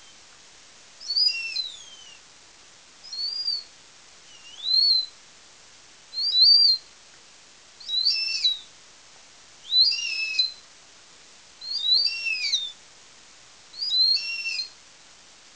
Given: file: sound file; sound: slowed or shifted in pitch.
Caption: Example of adult BxD mouse song 8 months after sham deafening surgery.